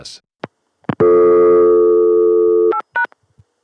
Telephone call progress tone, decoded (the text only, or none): dial tone